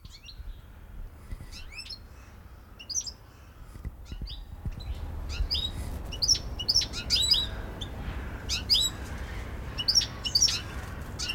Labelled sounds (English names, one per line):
European Goldfinch